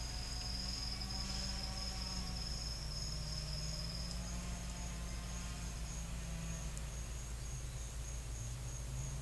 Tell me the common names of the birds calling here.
none